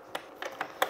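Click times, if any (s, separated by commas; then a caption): 0.8 s. A DMX XLR cable connector is pushed into the DMX out socket of a moving-head light (Shehds JMS Webb Beam / Wash Bee Eye 12x40W). Several short clicks and rattles sound at about 0.2, 0.4 and 0.6 s, then a sharper, louder latch click at 0.8 s. The connector clips in and is seated properly.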